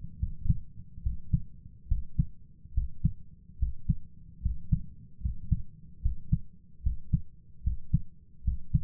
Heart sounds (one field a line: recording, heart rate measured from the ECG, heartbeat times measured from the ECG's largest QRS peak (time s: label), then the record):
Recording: heart sounds by stethoscope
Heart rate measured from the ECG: 73 bpm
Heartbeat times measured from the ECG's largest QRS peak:
0.18 s: heartbeat
1.02 s: heartbeat
1.87 s: heartbeat
2.73 s: heartbeat
3.58 s: heartbeat
4.41 s: heartbeat
5.20 s: heartbeat
6.01 s: heartbeat
6.82 s: heartbeat
7.62 s: heartbeat
8.43 s: heartbeat
From the record:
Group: healthy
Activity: rest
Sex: male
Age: 23 years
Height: 178 cm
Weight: 96.6 kg